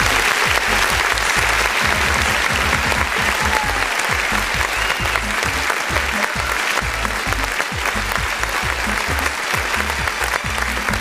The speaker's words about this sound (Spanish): el equipo de fútbol femenino de Totus Melipilla, a quien quiero saludar de inmediato con un tremendo aplauso.